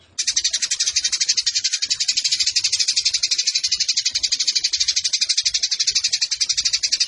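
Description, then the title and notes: Eurasian tree sparrow starting abruptly into a fast, steady, buzzy chatter of harsh chirps that continues without a pause throughout. Fighting sparrow with long rapid-fire 'nembak panjang' delivery and clear voice, used to train birds for song competitions. "GEREJA TARUNG NEMBAK PANJANG SUARA JERNIH MASTERAN WAJIB BURUNG LOMBA. Burung Gereja"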